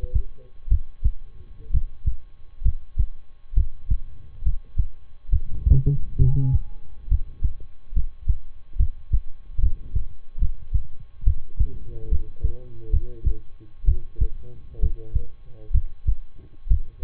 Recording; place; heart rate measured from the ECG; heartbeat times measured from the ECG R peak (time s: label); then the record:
heart sounds by stethoscope; between the tricuspid and mitral areas; 68 bpm
0.68 s: heartbeat
1.70 s: heartbeat
2.62 s: heartbeat
3.53 s: heartbeat
4.42 s: heartbeat
5.29 s: heartbeat
6.17 s: heartbeat
7.07 s: heartbeat
7.92 s: heartbeat
8.76 s: heartbeat
9.59 s: heartbeat
10.38 s: heartbeat
11.23 s: heartbeat
12.08 s: heartbeat
12.90 s: heartbeat
13.84 s: heartbeat
14.79 s: heartbeat
15.71 s: heartbeat
16.67 s: heartbeat
From the record:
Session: rest, lying down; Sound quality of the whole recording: good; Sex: male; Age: 23 years